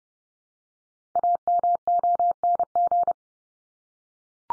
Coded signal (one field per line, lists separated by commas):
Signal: Morse code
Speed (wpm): 30 wpm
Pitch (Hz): 700 Hz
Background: none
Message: AMONG